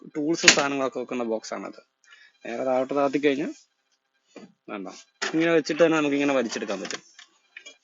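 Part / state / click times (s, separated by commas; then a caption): pull-out storage box latch in a truck cab / seated / 7.6 s. In a truck cab, a pull-out storage and tool box is pushed back into place while someone talks. A sharp tick at 7.6 s marks the latch locking, and the box is seated.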